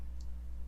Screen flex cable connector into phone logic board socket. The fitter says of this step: push down make sure it clicks and now i'm gonna go to the next one